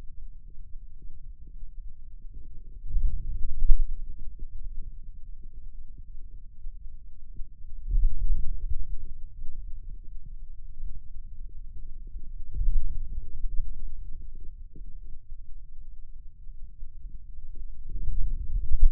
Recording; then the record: forearm muscle sounds (acoustic myography)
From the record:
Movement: hand opening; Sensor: system 2, bracelet of six BSWA MPA416 microphones around the upper forearm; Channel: 1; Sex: male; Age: 22 years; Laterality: right